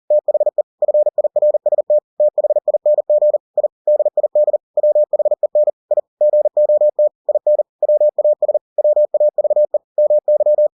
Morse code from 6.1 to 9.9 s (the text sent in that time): GOT IN WAS WAVE